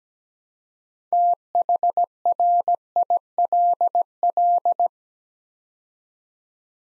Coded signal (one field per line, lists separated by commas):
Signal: Morse code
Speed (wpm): 17 wpm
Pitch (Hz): 700 Hz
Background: none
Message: THRILL